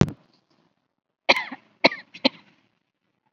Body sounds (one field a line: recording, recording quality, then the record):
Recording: shallow voluntary cough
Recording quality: excellent, no background noise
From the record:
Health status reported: COVID-19 positive, mild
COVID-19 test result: positive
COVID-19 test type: RT-PCR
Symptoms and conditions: hypertension, diabetes, another condition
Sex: female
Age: 44 years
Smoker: no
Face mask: worn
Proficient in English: yes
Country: India